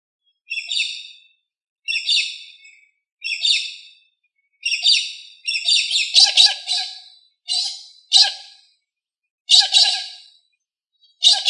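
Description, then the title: Australorp chicken with a series of harsh, raspy squawks, spaced at first, then coming faster in a rapid cluster before slowing again. "manok ostrali"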